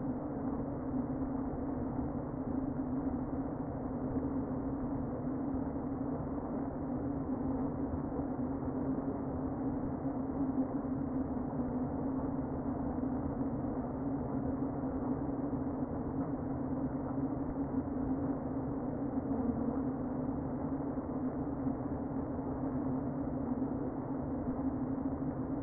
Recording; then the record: honeybee colony, microphone inside the hive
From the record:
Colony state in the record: queen present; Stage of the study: before two queens were removed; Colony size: about 60,000 bees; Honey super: yes